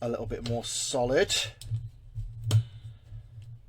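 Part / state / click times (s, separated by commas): tightening bolt on a microphone boom arm joint / stripped / 2.5 s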